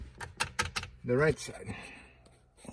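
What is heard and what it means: The left half of the ignition switch assembly on a 2014 Buick Enclave, Acadia or Traverse, being fixed because the ignition won't turn off, is snapped onto the right half. Short, sharp clicks sound at 0.4 s and 0.6 s, with a few lighter taps just after, then someone talks. Both halves are seated and snapped in.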